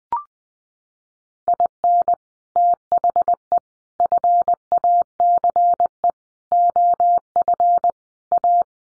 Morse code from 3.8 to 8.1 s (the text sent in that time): FACE OF